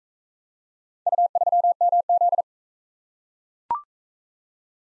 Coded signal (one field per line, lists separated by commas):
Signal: Morse code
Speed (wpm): 43 wpm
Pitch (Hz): 700 Hz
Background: none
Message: U3MZ